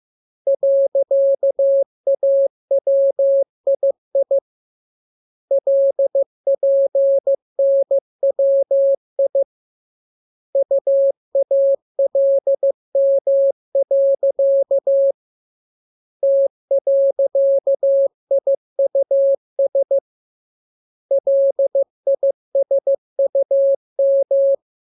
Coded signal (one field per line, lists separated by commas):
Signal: Morse code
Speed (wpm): 15 wpm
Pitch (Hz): 550 Hz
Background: none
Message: .AWII LPNWI UALM. T.IUS LISUM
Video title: Learning Morse Code. Lesson 13. Letter KMURESNAPTLWI.